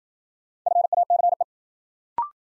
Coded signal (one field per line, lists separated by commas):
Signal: Morse code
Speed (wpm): 54 wpm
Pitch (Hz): 700 Hz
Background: none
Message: FACE